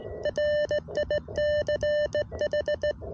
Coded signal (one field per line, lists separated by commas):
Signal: Morse code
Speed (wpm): 17 wpm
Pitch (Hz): 600 Hz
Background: none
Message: RICH